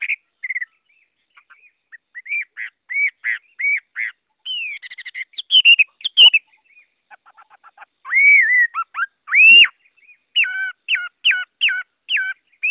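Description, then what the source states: Chinese hwamei in a long varied song: repeated whistled notes, buzzy bursts, soft low notes, arching whistles and a closing series of repeated phrases. Song in the style called "giọng rừng" (forest voice).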